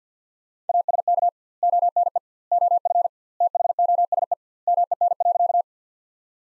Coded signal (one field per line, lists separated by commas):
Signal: Morse code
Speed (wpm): 50 wpm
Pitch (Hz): 700 Hz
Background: none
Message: ASK ONE OF THOSE MEN.